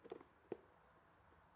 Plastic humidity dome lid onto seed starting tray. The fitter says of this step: Then it locks in. Look at that.